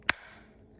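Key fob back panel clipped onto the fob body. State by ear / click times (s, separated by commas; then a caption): released / 0.1 s. A knife is pushed into the ridge between a Ford Explorer key fob's body and its clipped-on back panel and twisted to change the battery. At 0.1 s the plastic clips let go with a single sharp, bright snap that fades over the next half second. The back panel is released and the fob case snaps open.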